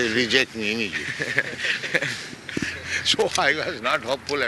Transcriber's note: laughter